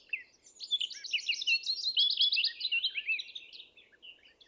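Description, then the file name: Eurasian blackcap song, a rapid, dense warble of high chattering notes that swells in the middle and fades toward the end. "Sylvia atricapilla"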